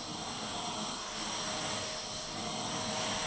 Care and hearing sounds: daily activity, microphone in the room; vacuum cleaning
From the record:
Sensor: 4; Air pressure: 1010.4 hPa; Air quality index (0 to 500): 179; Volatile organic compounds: 5 ppm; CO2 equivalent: 1813 ppm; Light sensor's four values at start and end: 33/98/38/38 and 33/98/38/38

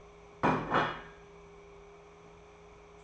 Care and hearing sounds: daily activity, microphone in the room; place plate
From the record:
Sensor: 1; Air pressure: 1015.1 hPa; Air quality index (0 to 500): 200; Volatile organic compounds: 25 ppm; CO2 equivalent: 2837 ppm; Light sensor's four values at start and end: 28/71/30/36 and 28/71/30/36

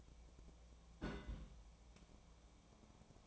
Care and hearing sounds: daily activity, microphone in the room; place on stove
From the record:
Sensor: 1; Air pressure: 1000.0 hPa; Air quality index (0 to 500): 132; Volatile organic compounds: 2 ppm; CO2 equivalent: 1252 ppm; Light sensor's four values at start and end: 41/105/44/55 and 41/105/44/55

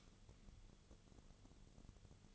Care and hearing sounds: daily activity, microphone in the room; light off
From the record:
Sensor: 4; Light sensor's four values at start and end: 14/33/13/13 and 14/31/12/12

